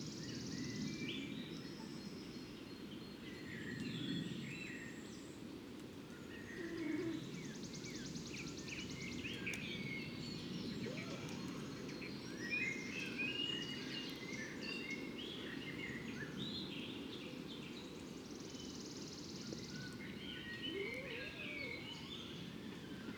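Morning birdsong outside a fox den: many birds chirp and trill in overlapping bursts above a steady low rumble, with insect-like buzzes throughout.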